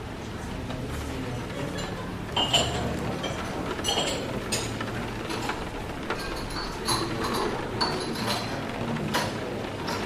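Rain patters steadily under quiet café chatter, with cups and dishes clinking in short bright bursts around the second, fourth, seventh and ninth seconds.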